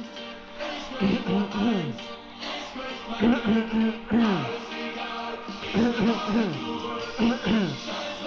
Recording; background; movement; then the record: throat clearing; music; sitting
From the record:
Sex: male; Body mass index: 20.6 kg/m2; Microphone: on the chest, facing outward